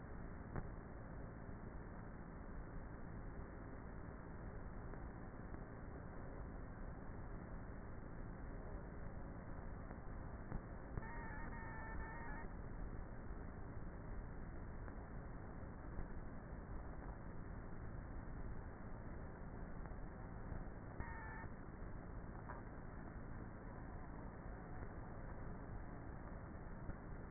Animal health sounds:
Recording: honeybee colony, microphone inside the hive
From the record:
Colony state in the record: queenless with a low population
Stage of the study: before two queens were removed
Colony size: about 30,000 bees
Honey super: no

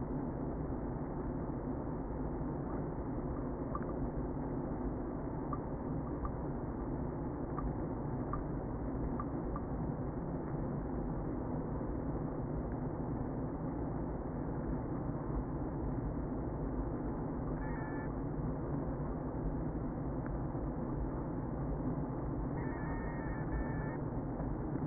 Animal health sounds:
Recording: honeybee colony, microphone inside the hive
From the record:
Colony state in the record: queen present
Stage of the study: before two queens were removed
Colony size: about 60,000 bees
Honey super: yes

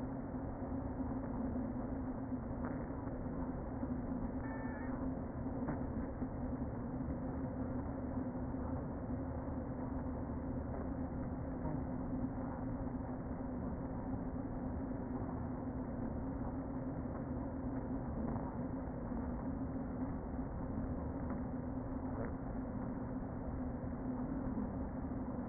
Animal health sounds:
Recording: honeybee colony, microphone inside the hive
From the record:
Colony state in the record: queen present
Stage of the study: before two queens were removed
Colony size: about 60,000 bees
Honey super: yes

